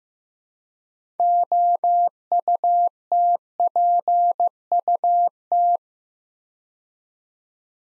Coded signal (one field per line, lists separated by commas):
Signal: Morse code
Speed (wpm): 15 wpm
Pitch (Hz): 700 Hz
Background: none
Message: OUTPUT